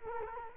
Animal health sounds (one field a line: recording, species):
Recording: mosquito wingbeat signal from an infrared sensor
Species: Culex quinquefasciatus